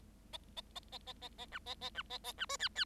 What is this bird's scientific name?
Lonchura striata domestica